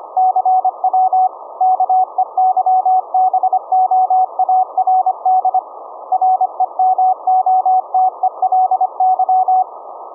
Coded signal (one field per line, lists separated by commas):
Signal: Morse code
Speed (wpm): 25 wpm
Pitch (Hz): 750 Hz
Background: none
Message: CW KEYBOARD REMOTELY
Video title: Raspberry Pi - Remote VLF CW QRP 1 Watt Transmitter(17.650 Khz) - Compact Delta Loop Antenna